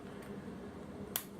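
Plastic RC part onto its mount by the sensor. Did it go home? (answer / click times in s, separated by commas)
yes / 1.2 s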